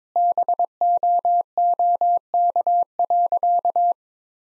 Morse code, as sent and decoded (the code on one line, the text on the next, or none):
-... --- --- -.- .-.-.-
BOOK.